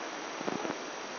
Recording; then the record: brain microelectrode recording played as sound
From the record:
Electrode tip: outside the subthalamic nucleus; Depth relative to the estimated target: 2 mm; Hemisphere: left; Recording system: AlphaMap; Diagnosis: Parkinson's disease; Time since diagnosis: 10 years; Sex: male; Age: 58 years